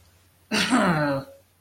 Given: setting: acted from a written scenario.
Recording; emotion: vocal sound without words; contempt